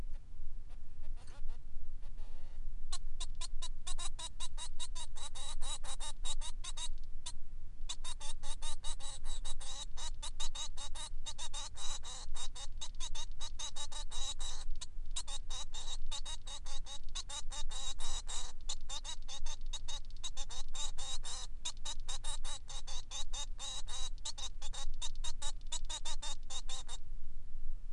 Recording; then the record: song of a male Bengalese finch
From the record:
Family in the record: son of father 3